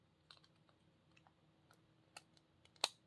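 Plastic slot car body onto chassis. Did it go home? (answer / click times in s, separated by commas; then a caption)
yes / 2.8 s. A plastic HO slot car body is pressed onto its chassis, with faint handling taps and small clicks before one sharp, loud snap at 2.8 s. The body seats with a clean click, but the fit still seems loose.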